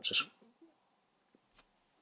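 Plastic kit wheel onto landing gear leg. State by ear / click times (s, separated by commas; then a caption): seated / 1.6 s. A 1/72 plastic Airfix de Havilland Mosquito B.XVI model aircraft wheel, with its flat spot kept towards the bottom, is pushed onto the plastic landing gear leg. Someone talks briefly at the start, then a small, sharp click is heard at 1.6 seconds as the wheel seats onto the leg.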